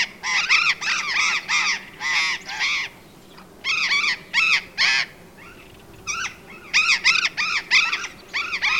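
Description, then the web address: Burrowing parrot harsh screeching calls in rapid runs, with short pauses between. "parrots cyanoliseus-patagonus"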